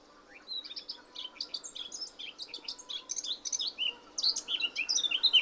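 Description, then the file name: Eurasian blackcap song, a continuous hurried mix of scratchy and sweet warbled notes, growing louder with a few clear fluted notes near the close. "Sylvia atricapilla"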